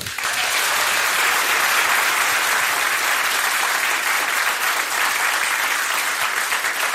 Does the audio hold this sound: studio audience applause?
yes